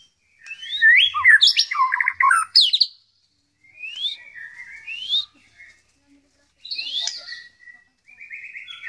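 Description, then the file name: White-rumped shama song: a dense burst of varied whistles and trills, then shorter separate upslurred phrases after pauses. Song style called 'tembakan', with canary (kenari) and kingfisher (tengkek) phrases worked in. "murai batu tembakan kenari tengkek"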